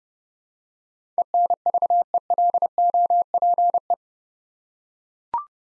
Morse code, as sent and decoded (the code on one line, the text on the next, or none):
. -. ...- . .-.. --- .--. .
ENVELOPE